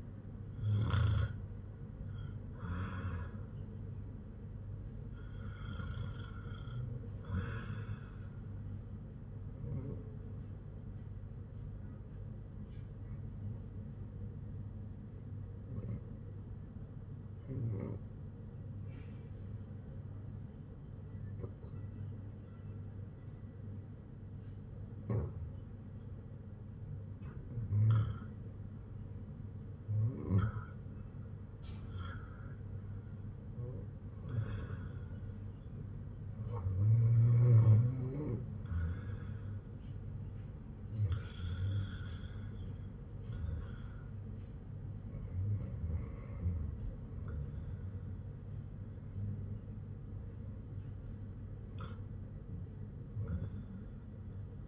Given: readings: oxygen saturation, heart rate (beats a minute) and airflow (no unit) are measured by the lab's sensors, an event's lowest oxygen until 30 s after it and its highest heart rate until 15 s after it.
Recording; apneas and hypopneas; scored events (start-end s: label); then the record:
breathing in sleep by a smartphone at the bedside; 1
16.00-34.20 s: hypopnea (REM, oxygen 97% highest, then 90% lowest, heart rate 66 at the start, 69 highest)
From the record:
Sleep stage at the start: REM sleep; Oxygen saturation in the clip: 86 to 97%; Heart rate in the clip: 62 to 71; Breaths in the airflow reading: 14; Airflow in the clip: -6.7 to 6.3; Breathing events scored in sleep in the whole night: 182 in 7.4 hours asleep